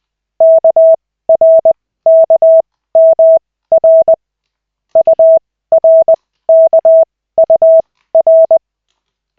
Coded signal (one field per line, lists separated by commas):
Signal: Morse code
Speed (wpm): 20 wpm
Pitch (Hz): 650 Hz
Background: none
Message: KRKMR URKUR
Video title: Koch 3/40, 15.12.2024, 1st CW practice session